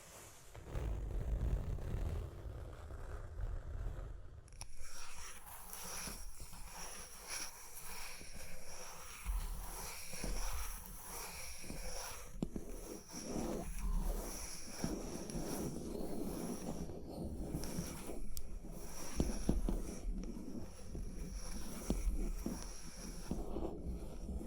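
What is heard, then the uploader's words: Tapping and scratching, with quick clicks and scraping strokes scattered irregularly through the whole recording. The first few seconds carry a low rumble; from about five seconds on, a thin, steady high whine sits behind the taps until the end. Tapping and Scratching (No Talking).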